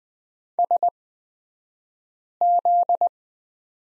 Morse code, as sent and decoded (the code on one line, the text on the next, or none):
... --..
SZ